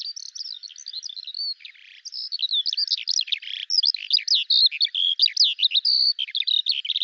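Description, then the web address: Bird song, a rapid continuous stream of high, varied chirps and trills, briefly dropping in pitch near two seconds, then resuming louder and denser to the end. "Deverinetal 2025 File cleaned normalized Bird Al Ar"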